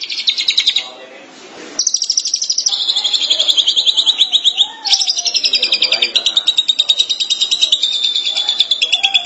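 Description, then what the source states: Long-tailed Shrike song: a brief harsh burst, a short gap, then long runs of fast, buzzy repeated high notes that shift slightly in pitch. Dated March 2017.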